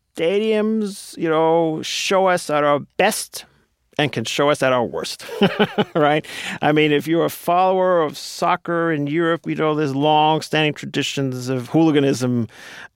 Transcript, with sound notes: stadiums, you know, show us at our best and can show us at our worst (laughter), right? I mean, if you're a follower of soccer in Europe, you know the long standing traditions of hooliganism,